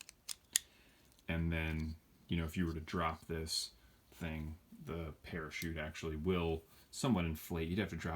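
A small plastic toy jeep is pushed back onto its plastic parachute-drop platform and hooks in, with a few light plastic ticks before a sharp snap at 0.6 s as it seats. After a short pause, someone talks for the rest of the clip.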